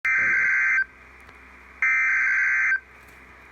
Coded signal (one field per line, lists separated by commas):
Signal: Emergency Alert System (SAME) tones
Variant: header bursts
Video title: Flash Flood Warning (EAS #48)